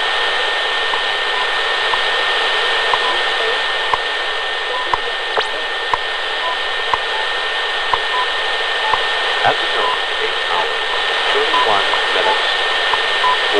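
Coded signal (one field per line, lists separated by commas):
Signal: radio time signal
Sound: faint clock-like ticks each second buried in heavy hiss, with a steady high whistle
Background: radio static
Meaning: Each tick marks one second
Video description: later on I almost completely lost WWV, but then WWVH came in much more clearly before fading out leaving only what sounded for all the world like a ticking clock or pocket watch buried in a swamp of noise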